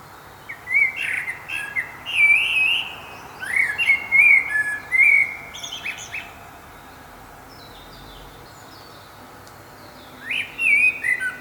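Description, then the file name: Common blackbird song: two or three phrases of mellow whistles with squeaky high inserts over the first six seconds, then a pause and another short fluted phrase. "Turdus merula"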